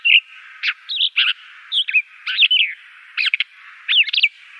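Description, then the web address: Blackstart song: short phrases of clear, varied whistled notes, some slurred up or down, delivered in quick bursts with brief pauses between. "Schulze Peter Blackstart song"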